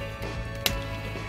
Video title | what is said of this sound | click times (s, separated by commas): DX超合金魂 超電磁ロボ コン・バトラーV [COM-BATTLER V] | まあカチッと言いましたね | 0.7 s